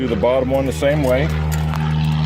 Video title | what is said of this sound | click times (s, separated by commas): SN14 Clip Install | And then just pull that stud and snap it into place. It snaps and gives you a positive sound. | 1.7 s